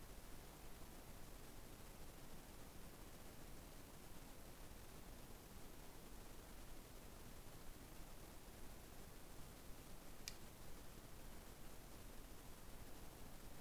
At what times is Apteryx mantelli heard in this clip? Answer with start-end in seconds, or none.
none